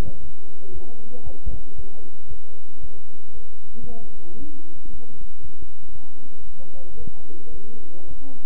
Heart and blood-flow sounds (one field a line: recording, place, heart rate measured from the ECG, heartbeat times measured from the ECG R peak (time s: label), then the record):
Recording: heart sounds by stethoscope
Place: between the tricuspid and mitral areas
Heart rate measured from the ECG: 114 bpm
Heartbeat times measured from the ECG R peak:
0.20 s: heartbeat
0.72 s: heartbeat
1.23 s: heartbeat
1.75 s: heartbeat
2.27 s: heartbeat
2.80 s: heartbeat
3.33 s: heartbeat
3.86 s: heartbeat
4.38 s: heartbeat
4.90 s: heartbeat
5.41 s: heartbeat
5.92 s: heartbeat
6.44 s: heartbeat
6.97 s: heartbeat
7.51 s: heartbeat
8.08 s: heartbeat
From the record:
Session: bicycle stress test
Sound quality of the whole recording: good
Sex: male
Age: 23 years